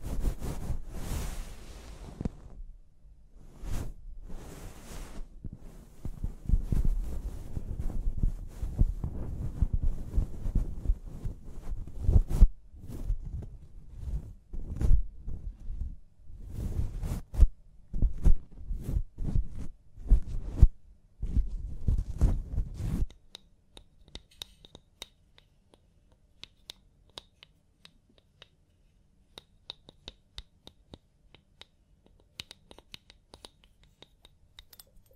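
Scalp massage and hair washing: dense, irregular rubbing and scratching with sharp low thumps and bursts through the first 23 seconds. Then it drops to near quiet, with only faint sparse ticks and small clicks scattered until the end.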